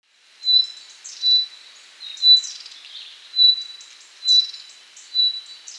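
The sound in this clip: Common nightingale singing short phrases of a clear high whistle and a scatter of quick chirps, repeated roughly every second, with faint background hiss.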